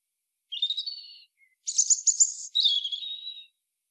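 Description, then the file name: European robin song: a smooth high whistled phrase, a fast shimmering very high trill, then a falling warble. "Erithacus rubecula"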